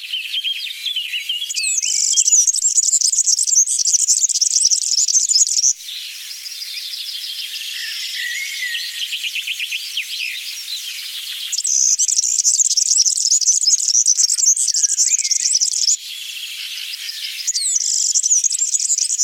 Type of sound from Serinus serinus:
song